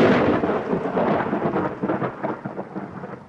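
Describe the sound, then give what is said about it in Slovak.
A long, deep roll of thunder rumbles through a steady wash of rain, loudest at the start and slowly fading with uneven grumbling pulses. “Čo to bolo? Búrka.”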